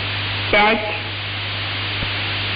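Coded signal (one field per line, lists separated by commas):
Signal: numbers station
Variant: S06s Russian Lady, Russian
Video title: 25 01 2022 Number station S06s Russian Lady in Russian to Eu 0730 on 7410 unknown tx site in CUSB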